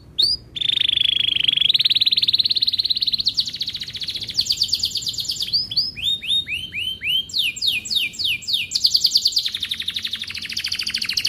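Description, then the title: Canary pouring out sustained rapid trills and rattles, switching to a series of rounded whistled notes, then back to fast rolling trills, loud throughout. Domestic canary, described as an energetic singer with elaborate song variations and rich fill-in phrases. "Kenari Gacor Cengkok Terbaik Isian Paling Mewah"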